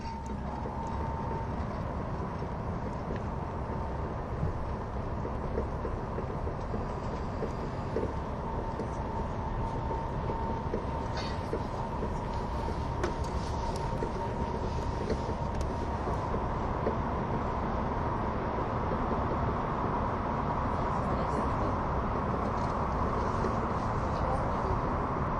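Onboard an SBB ETR610 tilting EuroCity train on the Gotthard Base Tunnel route, a dense, steady rumble of running noise fills the whole clip. A faint whine holds a fixed pitch throughout, and brief clicks and rattles surface around the eleventh and thirteenth seconds.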